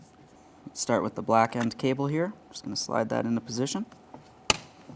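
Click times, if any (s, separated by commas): 4.5 s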